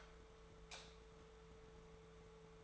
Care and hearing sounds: daily activity, microphone in the room; light off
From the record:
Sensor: 3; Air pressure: 1014.7 hPa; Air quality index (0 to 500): 194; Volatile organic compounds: 25 ppm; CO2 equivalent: 2833 ppm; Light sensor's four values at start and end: 41/106/45/48 and 39/97/41/45

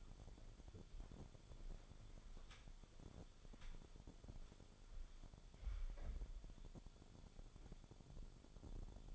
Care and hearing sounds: daily activity, microphone in the room; walk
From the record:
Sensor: 5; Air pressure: 1015.4 hPa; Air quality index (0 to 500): 172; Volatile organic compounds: 6 ppm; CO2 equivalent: 1876 ppm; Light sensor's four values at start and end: 38/87/35/35 and 38/87/35/34

